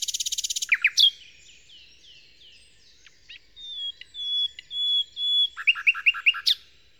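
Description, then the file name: Common nightingale song: a fast buzzy trill, sharp notes, then several drawn-out pure whistles, and finally a burst of quick repeated chips. Nightingale song in Kent, 2008. "nightingale-song-recorded-in-kent-2008-by-phil-riddett"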